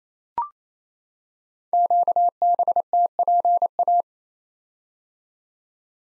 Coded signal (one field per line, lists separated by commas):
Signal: Morse code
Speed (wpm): 27 wpm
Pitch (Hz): 700 Hz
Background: none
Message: QBTPA